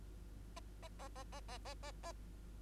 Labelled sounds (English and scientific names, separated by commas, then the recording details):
Bengalese Finch (Lonchura striata domestica) song
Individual Bird2